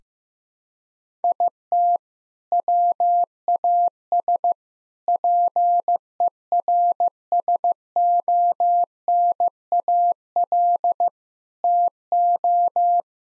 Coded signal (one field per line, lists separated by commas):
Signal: Morse code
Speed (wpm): 15 wpm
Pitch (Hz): 700 Hz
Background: none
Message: IT WAS PERSONAL TO